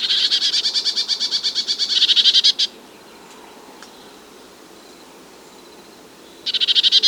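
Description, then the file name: Eurasian blue tit scold: a long, rasping churr of rapid pulses for over two seconds, a quiet gap, then another churr starting at the end. "Cyanistes caeruleus"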